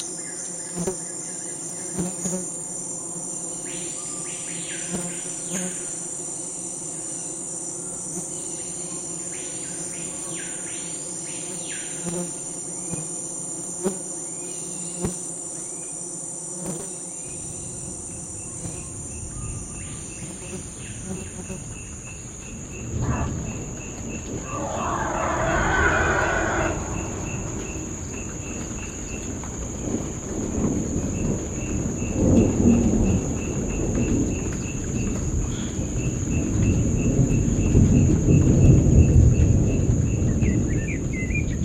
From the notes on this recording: pristine soundscapes recorded in remote parts of the world